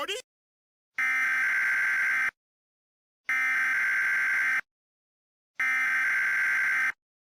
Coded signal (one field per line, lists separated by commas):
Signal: Emergency Alert System (SAME) tones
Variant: header bursts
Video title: EAS Scenario: Trump's Impeachment